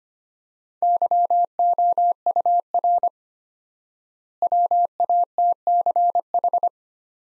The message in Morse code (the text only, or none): YOUR WATCH